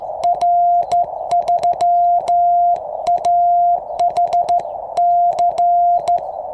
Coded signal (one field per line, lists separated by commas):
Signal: Morse code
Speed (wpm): 13 wpm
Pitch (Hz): 700 Hz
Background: none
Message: R3AHC